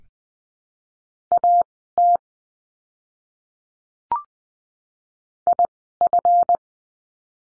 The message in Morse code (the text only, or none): AT IF